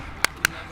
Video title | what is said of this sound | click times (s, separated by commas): SIMTOO MOMENT HOSHI 007PRO Review Test Démo / 1ère partie ... | clac c'est parti donc pour le décollage on va utiliser la boîte on | 0.2 s, 0.4 s